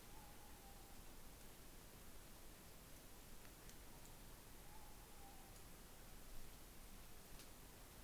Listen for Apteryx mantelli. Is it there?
no